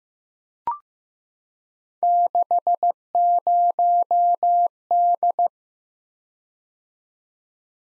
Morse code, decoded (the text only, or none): 60D